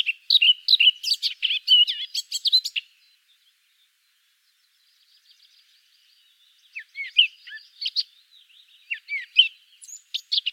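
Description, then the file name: Eurasian blackcap warbling loudly for nearly three seconds, then a long hush, followed by renewed twittering and whistled phrases. "Sylvia atricapilla"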